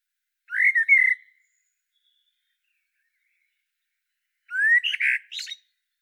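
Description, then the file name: Common blackbird song: a fluted rising whistle with a chattery tail, then about three seconds of quiet before another rising whistle ending in a squeaky jumble. "Turdus merula"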